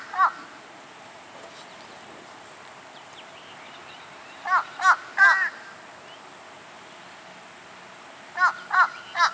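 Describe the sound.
Fish crow calls: short nasal caws, first a single one, then two quick runs of three, over steady background hiss.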